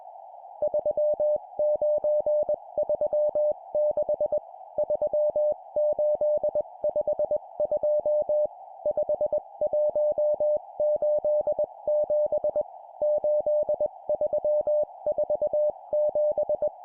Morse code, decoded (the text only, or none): 3936 3852 5187 8347